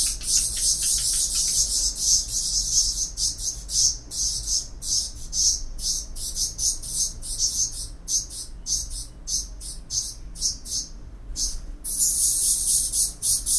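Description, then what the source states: Black redstart calls: high, sibilant chirps repeated in a long irregular series, with brief pauses and a denser run near the end. Nesting in Isländische Straße, in wall niches and even on balconies; call described as rough and clipped, heard as 'hik tek tek'.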